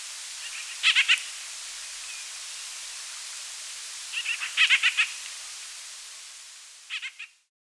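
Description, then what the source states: White-winged grosbeak calls: three short bursts of quick notes, separated by a few seconds of quiet hiss. Calls and song.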